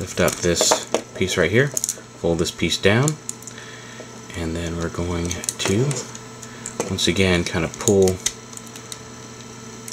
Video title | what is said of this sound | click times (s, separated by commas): Transformers Alternity: Cliffjumper | pull the legs down while we push this piece up you'll hear it click into place | 8.9 s